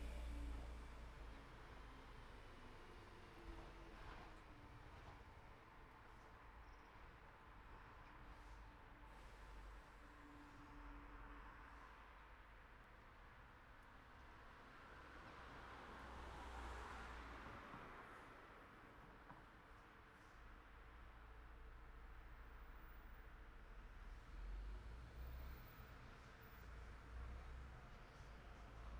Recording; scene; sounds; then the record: everyday scene through a hearing-aid microphone; in traffic; traffic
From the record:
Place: city secondary road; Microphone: behind the ear, right, rear